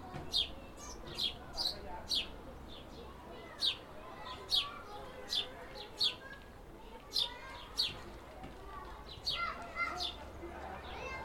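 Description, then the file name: House sparrow giving single sharp chirps, repeated at irregular intervals, with a low steady background hum. "Passer domesticus"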